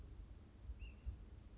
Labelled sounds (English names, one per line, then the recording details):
Ash-throated Flycatcher
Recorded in Sonoma County, California